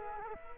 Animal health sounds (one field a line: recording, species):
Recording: mosquito wingbeat signal from an infrared sensor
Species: Culex quinquefasciatus